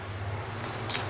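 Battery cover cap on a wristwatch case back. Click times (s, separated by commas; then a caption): 0.9 s. A battery cover cap is set onto a wristwatch case back over a newly placed battery, with the brand logo facing up, and pressed once. A short, bright click sounds at 0.9 s as it locks, with the cap seated after a single press. A steady low hum runs underneath.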